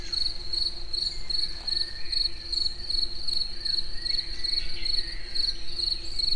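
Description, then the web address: Cricket calling with rhythmic high chirps at an even pace, a faint low hum and soft background sounds underneath. Recorded in nature at the Eger tourist house. "tucsok. munkazaj esbagolyis egerturistahaz"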